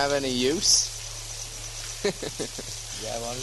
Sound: laughs

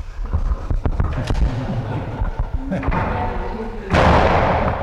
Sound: laughter

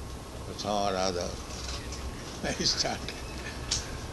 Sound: laughs

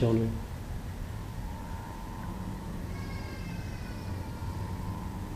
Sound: child is still crying

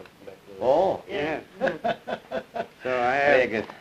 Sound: laughs

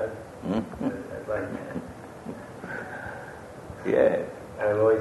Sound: laughs

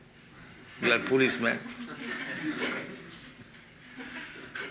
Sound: laughter

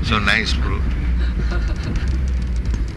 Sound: laughs

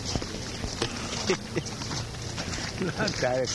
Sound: chuckling

